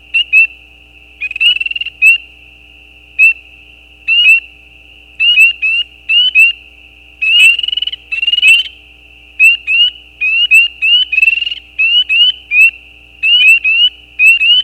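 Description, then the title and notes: Chorus of spring peepers: clear, upslurred high peeps in irregular clusters, a few brief rattling trills mixed in, with quiet gaps between bursts. Mating calls of peeper frogs, given as individual calls with gaps; recorded at night at the side of a gravel road. "Peepers peeping. Peeper frogs mating calls - the calls are more individual with gaps in the recording. Recorded at the side of a gravel road at night. Recorded by Anton Pickard. Part of the Music for Sleep project"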